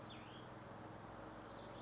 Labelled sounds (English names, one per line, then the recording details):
Cassin's Vireo
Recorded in Sonoma County, California